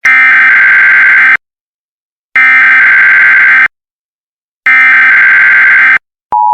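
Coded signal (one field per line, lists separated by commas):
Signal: Emergency Alert System (SAME) tones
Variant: header bursts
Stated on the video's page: Simulated tsunami warning for a hypothetical offshore earthquake scenario, not a real alert.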